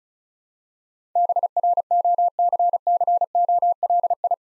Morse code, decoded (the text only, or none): BROCCOLI